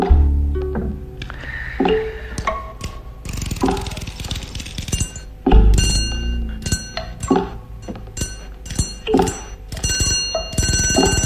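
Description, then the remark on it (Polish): A phone rings at night with a bright electronic ringtone, a busy melodic pattern of chiming tones repeating steadily and fairly loud, with no voices. “Telefon.”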